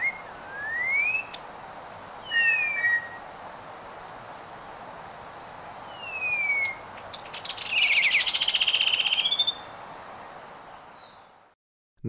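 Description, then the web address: Black-winged saltator gives rising and falling whistled slurs in separate phrases, then a rapid rolling trill. Ecuador. "Natures Songs S America Birds of Ecuador 713 Black-winged Saltator"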